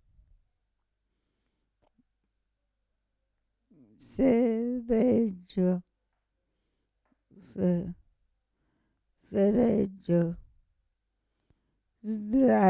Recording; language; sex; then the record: read list of words; Italian; female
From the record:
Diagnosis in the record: Parkinson's disease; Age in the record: 65 years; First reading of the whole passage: 242 s, 2.1 characters per second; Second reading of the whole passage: 180 s, 2.9 characters per second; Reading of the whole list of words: 168 s, 1.7 characters per second